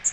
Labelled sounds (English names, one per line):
Magnolia Warbler flight call